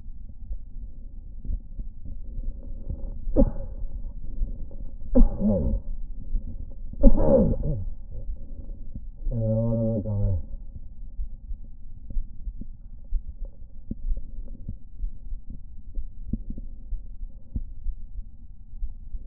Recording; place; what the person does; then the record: lung sounds by stethoscope; left anterior apical chest; quiet breathing, then cough and speech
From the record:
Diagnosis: COPD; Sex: male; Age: 69 years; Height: 162 cm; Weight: 124.8 kg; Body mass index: 47.6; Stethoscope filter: diaphragm mode